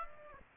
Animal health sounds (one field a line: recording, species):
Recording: mosquito wingbeat signal from an infrared sensor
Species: Aedes aegypti